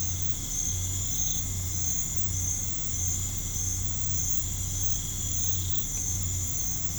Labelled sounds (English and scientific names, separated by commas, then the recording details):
none
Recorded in pastures near Puerto Asís, Putumayo, Colombia, on 15 December 2024 at 00:00
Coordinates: 0.505, -76.324
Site G063